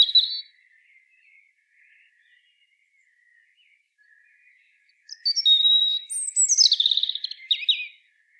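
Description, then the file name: European robin song phrases, a short high note at the start, then after a quiet gap a cascading run of thin whistles and trills descending in pitch. "Erithacus rubecula"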